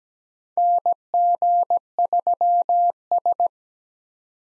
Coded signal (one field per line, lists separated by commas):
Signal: Morse code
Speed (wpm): 17 wpm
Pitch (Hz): 700 Hz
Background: none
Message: NG3S